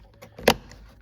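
A small plastic trim clip at the back of the door handle insert on a BMW X4/X3 (F25/F26) is pressed into the door card. After some faint handling noises, a sharp, bright snap rings out at 0.5 s as the clip seats home.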